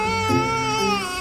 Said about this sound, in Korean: 초반에는 주변에 자라난 풀과 나뭇잎들을 재미있게 가지고 놀았어요. 하지만 곧 허기심을 느끼게 된 아이는 울기 시작했죠. 그러자 주변에 있던 엄마 곰이 이 소리를 듣고 새끼와 함께 찾아왔어요.